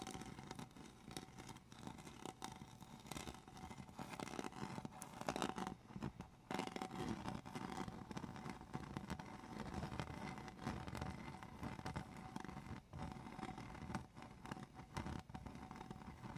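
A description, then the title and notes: Gentle tapping and scratching continue without pause, a dense run of quick, irregular taps and rough scrapes at an even, moderate loudness. A steady faint tone and a low hum sit underneath the whole time, with a few slightly sharper taps scattered throughout. ASMR medium gentle tapping and scratching.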